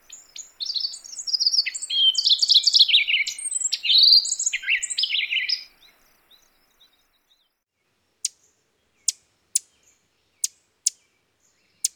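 Ovenbird: a rapid, jumbled burst of high twittering notes for about five seconds, followed by several sharp, separate clicks.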